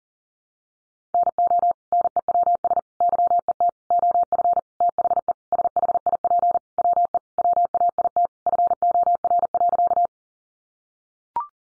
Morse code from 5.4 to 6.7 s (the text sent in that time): SHIP